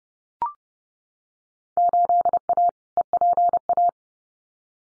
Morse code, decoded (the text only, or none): 8A EPA